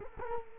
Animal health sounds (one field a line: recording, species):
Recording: mosquito wingbeat signal from an infrared sensor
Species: Culex quinquefasciatus